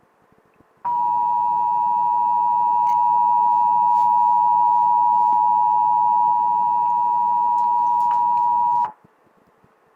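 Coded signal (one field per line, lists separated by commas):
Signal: Emergency Alert System (SAME) tones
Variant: 853 and 960 Hz attention tone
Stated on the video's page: Accidental Washington State Required Monthly Test aired on KREM-DT.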